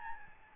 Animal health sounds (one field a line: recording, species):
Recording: mosquito wingbeat signal from an infrared sensor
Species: Aedes albopictus